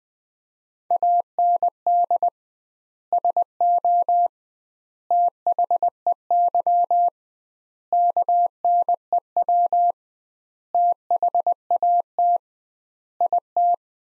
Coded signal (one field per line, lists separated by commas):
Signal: Morse code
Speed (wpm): 21 wpm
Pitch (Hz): 700 Hz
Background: none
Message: AND SO THEY KNEW THAT IT